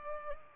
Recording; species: mosquito wingbeat signal from an infrared sensor; Culex pipiens